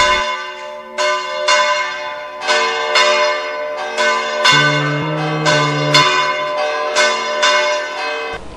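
Church bells peal continuously, a dozen or so bright strikes in an uneven rhythm, each tone ringing on and overlapping the next, with a deeper bell joining midway. No voices.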